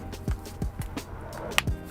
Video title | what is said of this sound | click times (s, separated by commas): FOX V3 RS Carbon Solid MIPS Motocross Helmet Care Guide | again you'll hear the snap you'll know you're good but it doesn't hurt to just kind of pull | 1.6 s